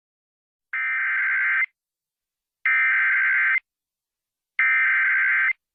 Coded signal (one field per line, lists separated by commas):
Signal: Emergency Alert System (SAME) tones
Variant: header bursts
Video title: Xfinity EAS Test | EAS #33 (Recreation)